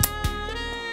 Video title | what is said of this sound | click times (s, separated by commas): BEST ELECTRIC PRESSURE WASHER VIDEO - USES AND REVIEW FEATURING the 1900 psi AR383 | you hear the click and that's meant to stick | 0.0 s